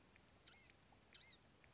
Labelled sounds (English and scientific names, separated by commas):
Blue-gray Gnatcatcher (Polioptila caerulea)